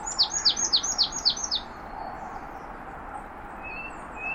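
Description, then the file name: Marsh tit calling: a quick run of about seven high, downslurred chipping notes, then fainter high calls and a thin whistle in the background. "Poecile palustris"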